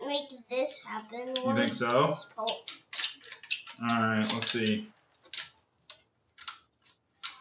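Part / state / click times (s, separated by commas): plastic magnetic truck section into another section of a transforming dinosaur toy / not seated / none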